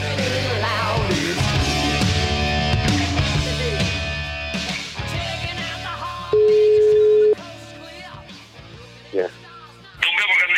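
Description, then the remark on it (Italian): A phone line rings once, a steady low electronic tone lasting about a second, heard through a busy stretch of talking voices and background noise as a call to Lotito is placed live. “Subito dopo era la telefonata.”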